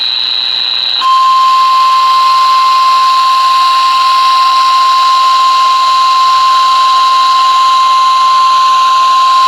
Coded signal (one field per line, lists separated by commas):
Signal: Emergency Alert System (SAME) tones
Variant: 853 and 960 Hz attention tone